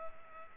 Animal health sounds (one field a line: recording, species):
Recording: mosquito wingbeat signal from an infrared sensor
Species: Culex pipiens